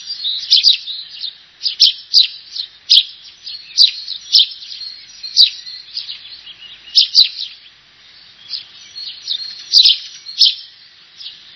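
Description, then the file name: Eurasian tree sparrow chirping, short bright chirps in quick bursts of two to four, broken by brief pauses, with a soft continuous twittering underneath. "ringmus"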